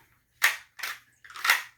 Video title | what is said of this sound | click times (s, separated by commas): 3in1 review ammo cans pistol cases and more!!! | you can hear that click you know so it stays in there it stays in there | 0.4 s